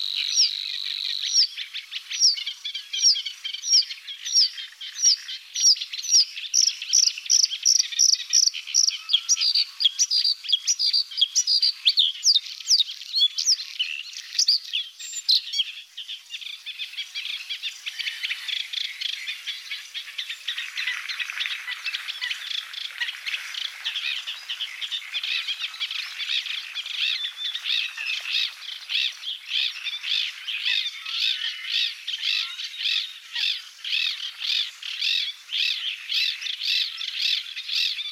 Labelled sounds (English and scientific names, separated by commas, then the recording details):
Bluethroat (Luscinia svecica) song
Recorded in the wild
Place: Nagyivan / Hortobagy, HU
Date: 1988-05-20
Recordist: Schwarz, Dieter